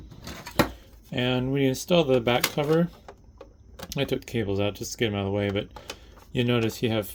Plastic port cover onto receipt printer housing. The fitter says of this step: you just kind of push this down on there like that until it clicks into place.